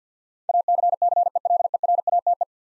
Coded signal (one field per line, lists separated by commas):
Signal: Morse code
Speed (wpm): 50 wpm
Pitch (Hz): 700 Hz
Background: none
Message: ACCELERATE